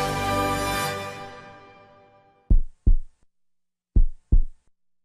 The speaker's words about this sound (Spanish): Son nuestros latidos los que bombean la fuerza.